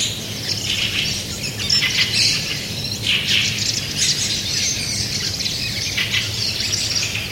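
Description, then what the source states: Fieldfare calls, scratchy chacking bursts from several birds rising and falling in waves over a low background hum. A fieldfare colony.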